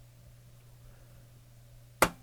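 A screw is turned counterclockwise into a plastic boss on a VIC-20 bottom case to refit the main board. After a quiet stretch with a low steady hum, a single sharp pop comes at 2.0 s as the screw drops into the original plastic threads, showing it is seated.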